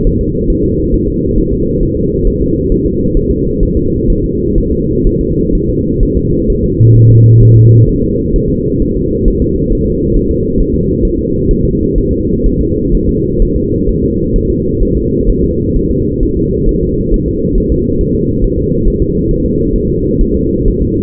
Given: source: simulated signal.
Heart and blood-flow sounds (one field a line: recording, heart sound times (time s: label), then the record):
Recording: fetal heart sounds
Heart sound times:
0.07 s: S1
0.21 s: S2
0.50 s: S1
0.64 s: S2
0.94 s: S1
1.08 s: S2
1.38 s: S1
1.53 s: S2
1.83 s: S1
1.97 s: S2
2.27 s: S1
2.42 s: S2
2.72 s: S1
2.86 s: S2
3.17 s: S1
3.31 s: S2
3.63 s: S1
3.77 s: S2
4.10 s: S1
4.24 s: S2
4.58 s: S1
4.72 s: S2
5.07 s: S1
5.21 s: S2
5.55 s: S1
5.69 s: S2
6.03 s: S1
6.17 s: S2
6.50 s: S1
6.64 s: S2
6.96 s: S1
7.10 s: S2
7.43 s: S1
7.57 s: S2
7.89 s: S1
8.03 s: S2
8.36 s: S1
8.50 s: S2
8.82 s: S1
8.97 s: S2
9.28 s: S1
9.42 s: S2
9.73 s: S1
9.87 s: S2
10.16 s: S1
10.31 s: S2
10.60 s: S1
10.75 s: S2
11.05 s: S1
11.19 s: S2
11.51 s: S1
11.65 s: S2
11.98 s: S1
12.12 s: S2
12.46 s: S1
12.60 s: S2
12.95 s: S1
13.09 s: S2
13.42 s: S1
13.56 s: S2
13.89 s: S1
14.03 s: S2
14.36 s: S1
14.50 s: S2
14.83 s: S1
14.97 s: S2
15.29 s: S1
15.44 s: S2
15.77 s: S1
15.91 s: S2
16.23 s: S1
16.37 s: S2
16.69 s: S1
16.83 s: S2
17.14 s: S1
17.28 s: S2
17.58 s: S1
17.72 s: S2
18.01 s: S1
18.15 s: S2
18.44 s: S1
18.58 s: S2
18.88 s: S1
19.02 s: S2
19.31 s: S1
19.45 s: S2
19.76 s: S1
19.90 s: S2
20.21 s: S1
20.35 s: S2
20.68 s: S1
20.82 s: S2
From the record:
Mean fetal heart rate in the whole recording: 130 bpm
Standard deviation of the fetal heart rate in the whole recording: 4 bpm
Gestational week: 38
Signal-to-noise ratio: -14.7 dB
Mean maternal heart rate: 72 bpm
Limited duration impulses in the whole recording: present